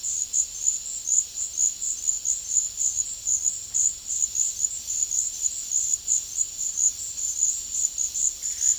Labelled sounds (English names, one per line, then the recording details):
none
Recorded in pastures near Puerto Asís, Putumayo, Colombia, on 4 March 2025 at 14:00
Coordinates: 0.502, -76.324
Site GP07